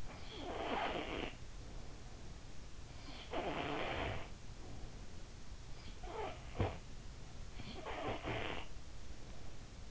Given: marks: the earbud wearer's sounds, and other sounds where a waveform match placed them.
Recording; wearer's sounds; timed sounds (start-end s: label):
sounds in sleep by an in-ear microphone; snoring breath
0.00-1.81 s: snoring breath
2.99-4.84 s: snoring breath
5.53-7.12 s: snoring breath
7.35-9.31 s: snoring breath